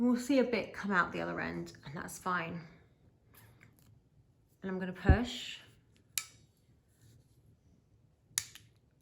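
Someone talks while a small electrical wire end is pushed into a terminal held in a ratchet crimper, with a bit of wire coming out the other end. The handles are squeezed, giving a sharp click at 6.2 s. At 8.4 s the ratchet clicks at full stroke and the jaws spring open, leaving the terminal clamped onto the wire.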